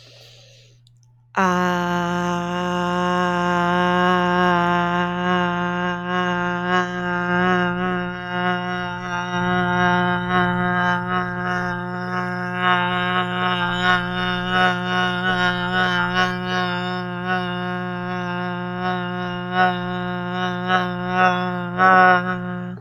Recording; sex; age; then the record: vowel held as long as possible; female; 30 to 39 years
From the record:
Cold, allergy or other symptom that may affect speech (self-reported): no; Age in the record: 36 years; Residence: New Jersey, United States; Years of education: 16